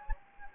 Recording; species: mosquito wingbeat signal from an infrared sensor; Anopheles gambiae